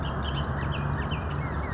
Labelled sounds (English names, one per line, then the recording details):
Bullock's Oriole
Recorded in Sonoma County, California